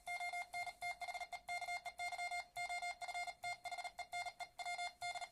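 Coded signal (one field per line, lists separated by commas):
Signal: Morse code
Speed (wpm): 39 wpm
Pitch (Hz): 710 Hz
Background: none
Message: ON THE KEY OF THE NEW D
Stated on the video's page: Morse sent on a single-lever paddle, starting at 45 wpm and ending around 50 wpm.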